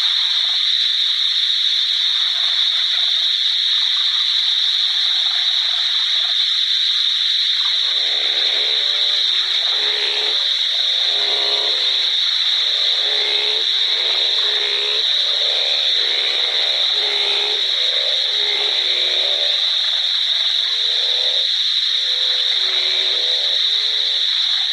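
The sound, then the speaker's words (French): A dense frog chorus at a pond: a constant high-pitched trilling hum throughout, joined after a few seconds by a loud, overlapping run of lower, pulsing croaks. “Et donc là, la fébrilité monte, et quand on arrive sur la mare et qu'on voit la marée de grenouilles, c'est la récompense, ouais.”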